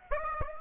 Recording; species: mosquito wingbeat signal from an infrared sensor; Aedes aegypti